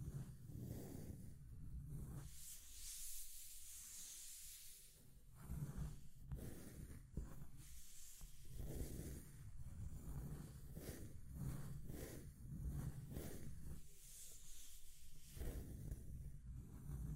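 Scratching and tracing sounds go on without a break for the whole clip, a rough hissing rasp that swells and fades in strokes every second or so. Low rumbling thuds underlie the strokes, and a few sharp clicks land around six and eight seconds.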